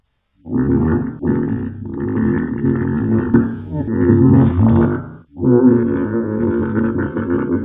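A long, loud, groaning gurgle from an adult's stomach rolls on for about five seconds, pauses briefly, then resumes for over two more seconds with a low, wavering pitch. These are stomach growling sounds (borborygmi) from gas and fluid moving through an empty gut, a normal hunger noise.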